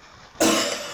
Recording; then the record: coughing mixed with background sound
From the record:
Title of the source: Cough Around the Clock!